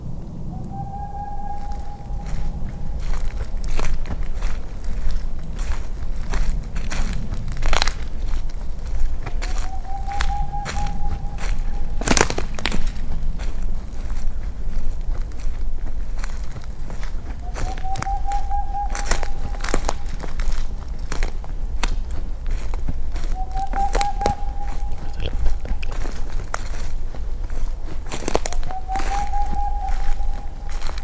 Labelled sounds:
Boreal Owl (Aegolius funereus)
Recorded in the wild
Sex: male
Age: adult
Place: Altsorgefeld, NSG Rochauer Heide, Brandenburg, DE
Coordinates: 51.7819, 13.5408
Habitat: wood
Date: 2007-02-19 18:45
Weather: 3-4 °C, windstill
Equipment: Sound Devices 702, Sennheiser MKH 70, Windkorb
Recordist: Frommolt, Karl-Heinz

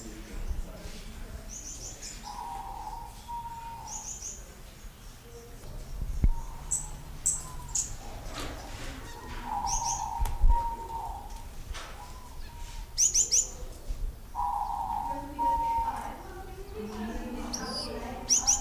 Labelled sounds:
Star Finch (Neochmia ruficauda) call
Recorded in captivity
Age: adult
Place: Zoo Berlin, Berlin, DE
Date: 1999-07-03 11:52
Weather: fair, 25 - 27°C
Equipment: Sony WM-D6C, Sennheiser ME 80, Kopie Uher 4000 Report Monitor
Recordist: Tembrock, Günter

